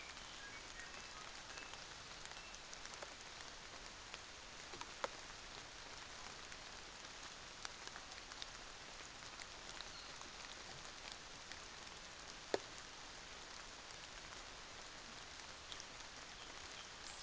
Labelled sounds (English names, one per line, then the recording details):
North Island Saddleback
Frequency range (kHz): North Island Saddleback 2.5-2.9 kHz
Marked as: faintness 5/5
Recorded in New Zealand on 24 December 2018
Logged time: 06:00